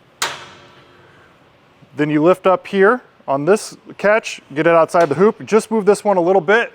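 On a 2024 Brinkley Model G toy hauler, the patio railing gate end is swung over and meets its metal side on the rail, catching magnetically with a sharp snap at 0.2 s, seating it. After a short ringing decay and a pause, someone talks.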